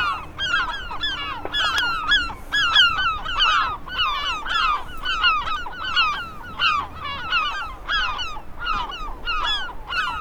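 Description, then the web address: Gulls keep up a continuous series of harsh, downslurred cries, several birds calling over one another. "seagulls"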